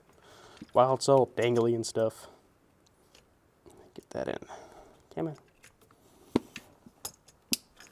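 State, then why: Seated. On a 2019 Ram 1500 with the 5.7 HEMI, a wiring harness connector is pushed onto a dangling ignition coil pack while someone talks. After several small taps and clicks of struggling with it, the connector is forced on and clicks into place with a sharp snap at 7.5 s, seated.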